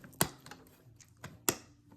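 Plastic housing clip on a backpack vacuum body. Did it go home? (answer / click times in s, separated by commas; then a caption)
yes / 0.2 s, 1.5 s. After a new bag is fitted, the plastic housing clip on a backpack vacuum body is clipped up by hand. Two sharp plastic clicks sound at 0.2 s and 1.5 s, with fainter taps around them. The clip snaps shut and the housing is seated.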